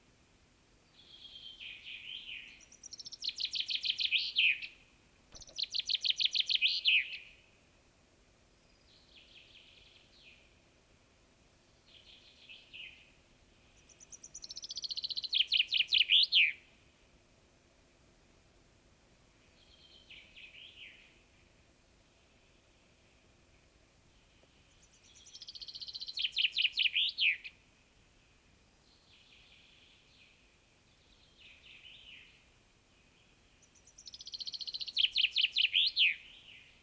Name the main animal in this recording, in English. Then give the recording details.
Common Chaffinch. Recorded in the wild. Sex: male. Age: adult. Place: Altenbeken, Eggegebirge, Nordrhein-Westfalen, DE. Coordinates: 51.7842, 8.96417. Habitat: mountain ridge. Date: 1965-06-20. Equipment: Uher 4000 Report-S, Bändchenmikro Beyer M 260, Parabolspiegel Polyester (470 mm). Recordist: Conrads, Klaus